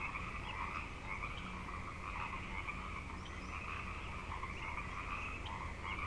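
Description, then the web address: Frogs chorusing steadily, dense overlapping croaks and trills holding an even level, a faint high chirp or two above. Frog chorus at Grafton Lake, recorded 3 May 2009. "The Frog Chorus Tunes Up On Grafton Lake frogs 090503"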